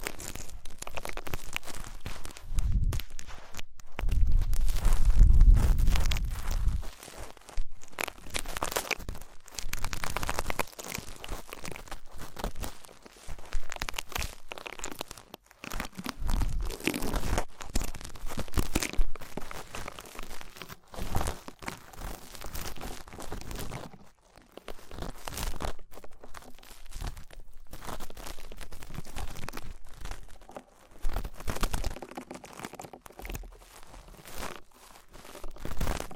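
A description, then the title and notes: Crackly rustling and crinkling from ear cleaning, continuing in uneven bursts with short quiet gaps. Around five seconds a heavy, low rumbling thump stands out, and a few more muffled bumps follow near 3, 16 and 31 seconds. ASMR Twin Ear Cleaning to Put You in a Coma (No Talking).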